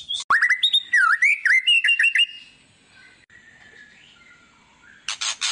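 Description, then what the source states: White-rumped shama song: a rapid burst of varied whistled and chirping notes over about two seconds, falling quiet, then a harsh scratchy burst at the end. Lure song of an actively singing ('gacor') murai batu, played to make other birds respond.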